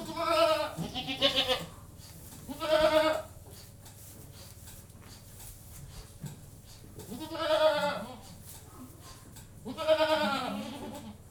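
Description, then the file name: Domestic goat bleating, several wavering harmonic bleats at irregular intervals, over a steady low mechanical hum and faint rhythmic pulsing. Domestic goats in a goat-house, with a milking machine running in the background. "General atmosphere in goat-house, with milking machine in background"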